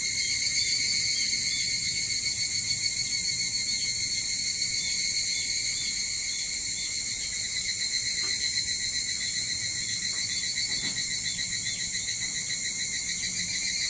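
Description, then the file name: Evening cicada singing, a continuous shrill trill of rapid pulses layered in several high tones, holding steady throughout with a few faint low knocks in the background. Recorded 22 July 2023 at 04:40. "higurashi 230722 0440"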